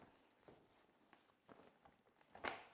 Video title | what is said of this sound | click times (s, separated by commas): My Babiie MB200 Pushchair Snapshot Tips | will lock into place and you'll hear both sides click and if you want to be sure just make | 2.3 s, 2.5 s